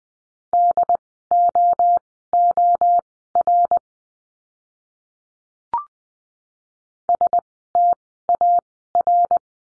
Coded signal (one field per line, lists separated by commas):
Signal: Morse code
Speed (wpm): 20 wpm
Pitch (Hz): 700 Hz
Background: none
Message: DOOR STAR